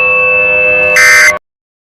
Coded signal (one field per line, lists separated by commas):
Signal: Emergency Alert System (SAME) tones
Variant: end-of-message bursts